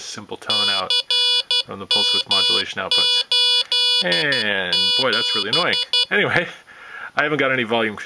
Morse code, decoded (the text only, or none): CM87